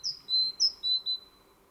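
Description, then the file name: Great tit giving clear whistled two-note phrases, a short high note dropping to a longer lower whistle, repeated twice in quick succession and followed by a short final note, against a quiet background. "Parus major"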